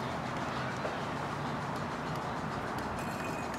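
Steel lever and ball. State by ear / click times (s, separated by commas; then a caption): not seated / none. A clutch release fork on a K Series transmission is lined up and slid toward the transmission's pivot ball, whose spring clip expands as the fork is pushed on. A steady broadband background noise runs throughout, with no distinct impacts or speech. Nothing has clicked or snapped into place yet.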